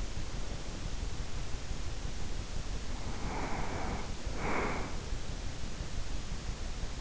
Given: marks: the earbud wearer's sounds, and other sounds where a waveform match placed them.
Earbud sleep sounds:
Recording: sounds in sleep by an in-ear microphone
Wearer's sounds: breath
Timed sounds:
2.89-5.27 s: breath

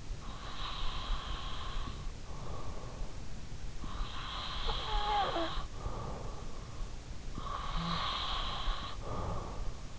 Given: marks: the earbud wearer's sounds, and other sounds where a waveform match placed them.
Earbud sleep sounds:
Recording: sounds in sleep by an in-ear microphone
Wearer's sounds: breath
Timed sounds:
0.00-2.51 s: breath
3.82-6.34 s: breath
7.02-9.94 s: breath

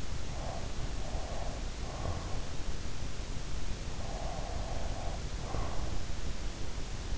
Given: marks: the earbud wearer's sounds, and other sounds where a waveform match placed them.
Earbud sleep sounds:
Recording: sounds in sleep by an in-ear microphone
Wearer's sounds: breath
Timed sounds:
0.44-2.44 s: breath
3.94-6.13 s: breath

